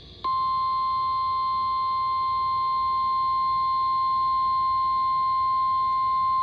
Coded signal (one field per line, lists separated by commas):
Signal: Emergency Alert System (SAME) tones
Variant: 1050 Hz attention tone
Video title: Mid-Summer Marathon Pt. 1 - EAS Alerts from 7/9/25 || EAS 1,933-1,970